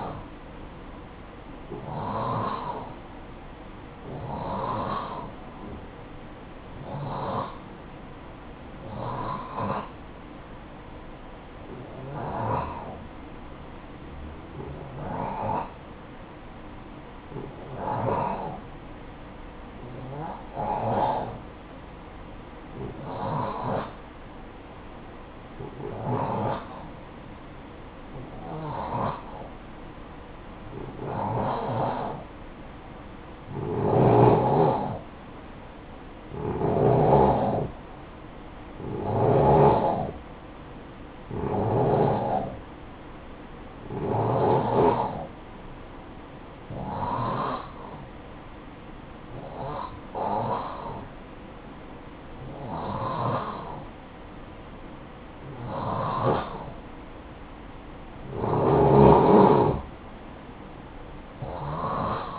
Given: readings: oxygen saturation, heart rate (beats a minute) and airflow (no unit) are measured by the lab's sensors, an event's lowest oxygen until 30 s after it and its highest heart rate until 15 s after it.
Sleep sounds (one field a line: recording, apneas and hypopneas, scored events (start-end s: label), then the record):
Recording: breathing in sleep by a voice recorder at the bedside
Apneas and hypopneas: 1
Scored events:
7.00-39.70 s: hypopnea (N2, oxygen 91% highest, then 87% lowest, heart rate 55 at the start, 64 highest)
From the record:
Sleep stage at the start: N2 (light sleep)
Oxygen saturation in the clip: 87 to 92%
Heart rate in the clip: 51 to 64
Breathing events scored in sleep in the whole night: 573 in 9.8 hours asleep